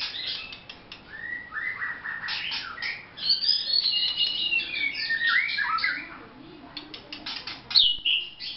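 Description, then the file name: White-rumped shama song, a continuous rich warble of slurred whistles and rapid notes, ending with a few high clear whistles. Vietnam. "shama vietnam omkicau"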